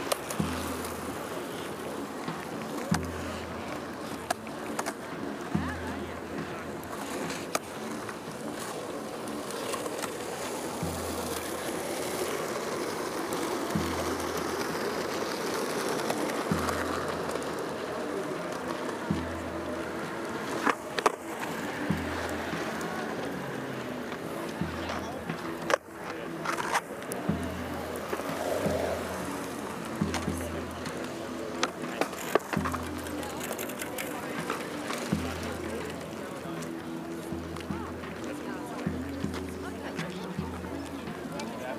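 Hundreds of people go about their activities on the Tempelhofer Freiheit in Berlin, a steady murmur of scattered voices and movement. Skateboard wheels roll and clatter at intervals, with occasional sharp knocks near 21 and 26 seconds, over a low, regularly pulsing rumble.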